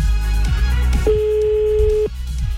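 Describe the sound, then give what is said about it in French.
A telephone ringing tone sounds once as a steady, mid-pitched beep lasting about a second, set against a busy, continuous background of other noise. “Il faut décrocher ton téléphone, Sarah.”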